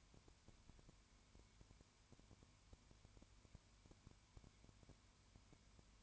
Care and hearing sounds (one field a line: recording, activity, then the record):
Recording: daily activity, microphone in the room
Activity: no activity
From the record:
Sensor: 2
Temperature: 20.0 degrees Celsius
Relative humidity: 32.1%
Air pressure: 1001.1 hPa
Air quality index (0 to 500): 55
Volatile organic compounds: 1 ppm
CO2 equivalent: 604 ppm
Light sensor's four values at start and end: 2/3/2/2 and 2/3/2/2